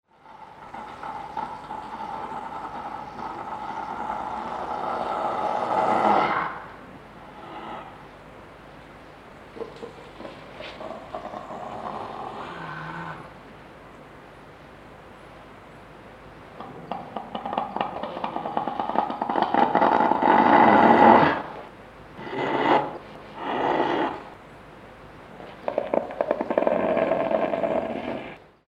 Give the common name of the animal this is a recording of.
Brown Hyena